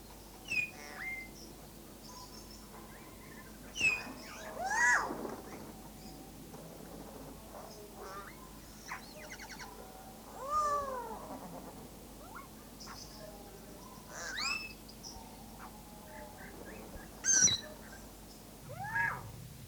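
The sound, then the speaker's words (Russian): An owl, a magpie and a jay in a pine forest thicket give a scattered series of hoots, wavering squawks and short hissing bursts, some calls rising and falling in pitch, with no one speaking. “Гугнили, шикли, как делали с рождения”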